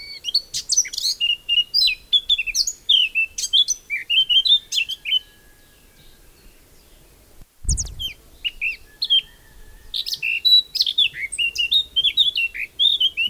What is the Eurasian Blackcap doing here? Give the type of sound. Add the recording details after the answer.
song. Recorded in the wild. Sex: male. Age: adult. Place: Effeltrich, Bayern, DE. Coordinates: 49.6603, 11.0908. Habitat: deciduos high forest. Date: 1964-05-01. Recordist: Tretzel, Erwin